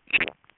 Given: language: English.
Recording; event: throat vibration sensor signal played as sound; swallow